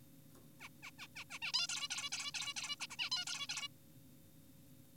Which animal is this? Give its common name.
Zebra Finch